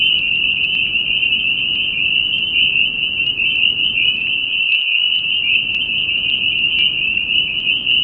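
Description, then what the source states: Dense spring peeper chorus: shrill overlapping peeps forming an unbroken high ringing. Recorded at New Paltz.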